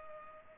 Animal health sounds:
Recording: mosquito wingbeat signal from an infrared sensor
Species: Culex pipiens

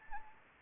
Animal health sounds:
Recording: mosquito wingbeat signal from an infrared sensor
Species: Anopheles gambiae

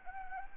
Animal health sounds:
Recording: mosquito wingbeat signal from an infrared sensor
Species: Anopheles gambiae

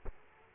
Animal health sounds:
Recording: mosquito wingbeat signal from an infrared sensor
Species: Aedes aegypti

